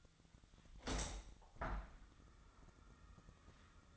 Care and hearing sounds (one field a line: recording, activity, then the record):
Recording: daily activity, microphone in the room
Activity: open window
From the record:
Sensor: 3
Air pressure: 1004.6 hPa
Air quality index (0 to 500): 86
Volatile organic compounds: 2 ppm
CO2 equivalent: 1306 ppm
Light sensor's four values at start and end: 7/16/6/6 and 7/16/6/6